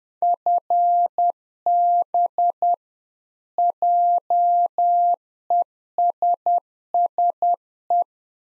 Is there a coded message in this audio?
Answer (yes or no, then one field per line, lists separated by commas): yes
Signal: Morse code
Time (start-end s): 0.2-8.0 s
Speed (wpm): 10 wpm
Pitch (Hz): 700 Hz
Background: none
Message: FB JESSE